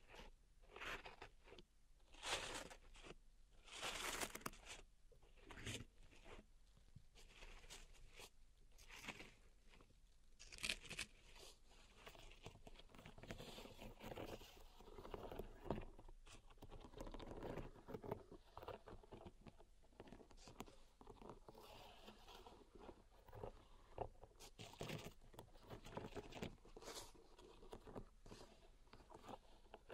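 Pink salt in a zen garden is raked and scratched, giving dense, irregular gritty crackles with louder sweeping bursts every few seconds throughout.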